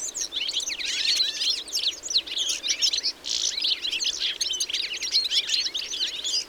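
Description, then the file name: European goldfinch twittering: dense, overlapping liquid chirps and buzzy trills pour out almost nonstop, with no other clear sounds. "Carduelis carduelis"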